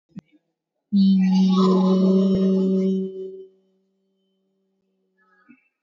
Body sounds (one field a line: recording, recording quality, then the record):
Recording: sustained vowel as in beet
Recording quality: excellent, no background noise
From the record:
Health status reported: COVID-19 positive, no symptoms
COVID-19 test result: positive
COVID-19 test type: RT-PCR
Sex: female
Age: 34 years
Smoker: no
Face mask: worn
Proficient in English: yes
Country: India